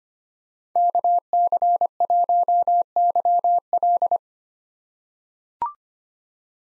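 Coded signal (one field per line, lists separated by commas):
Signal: Morse code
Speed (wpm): 25 wpm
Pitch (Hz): 700 Hz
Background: none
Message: KC1YL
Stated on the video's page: Morse code head-copy drill of common POTA activator callsigns at 25 wpm, each sent, then spoken, then sent again.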